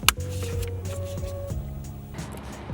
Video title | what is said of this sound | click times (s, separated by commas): How To Install Led lights - Ram 1500 LED Interior - 4th Gen - 2009 - 2018 | until it locks into place so | 0.1 s